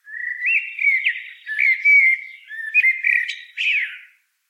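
Common blackbird song: a long sequence of rich whistled notes and slurred warbles in quick succession, closing with a scratchy flourish.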